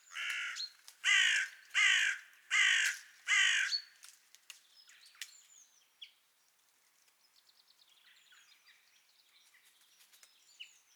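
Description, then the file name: Carrion crow giving five evenly spaced harsh caws over four seconds, then quiet with faint high chirps. "Corvus corone"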